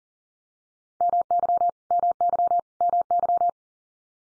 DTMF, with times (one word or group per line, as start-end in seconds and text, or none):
none